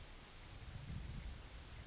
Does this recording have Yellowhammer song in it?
no